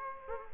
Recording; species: mosquito wingbeat signal from an infrared sensor; Culex quinquefasciatus